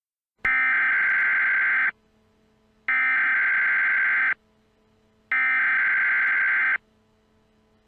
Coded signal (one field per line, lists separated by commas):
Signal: Emergency Alert System (SAME) tones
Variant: header bursts